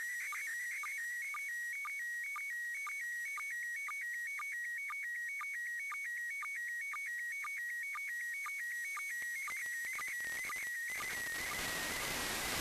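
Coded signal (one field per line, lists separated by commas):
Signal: SSTV (slow-scan television)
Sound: warbling high tone with rhythmic low blips, fading into hiss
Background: radio static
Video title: ISS SSTV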